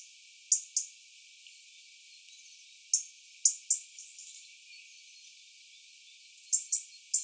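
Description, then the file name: European robin, crisp ticking calls in doublets and triplets repeated every few seconds; faint high chirps underneath. "Erithacus rubecula"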